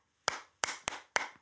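Four sharp hand claps in about a second and a half, unevenly spaced, with one coming noticeably early before the rhythm settles again. A boy of about twelve claps out his heartbeat, which sometimes beats once too often and briefly falls out of rhythm. It imitates extrasystoles, extra beats outside the regular rhythm, found only on a 24-hour Holter ECG.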